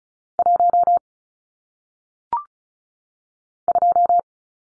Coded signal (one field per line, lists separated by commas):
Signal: Morse code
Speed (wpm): 36 wpm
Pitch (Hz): 700 Hz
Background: none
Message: 1 2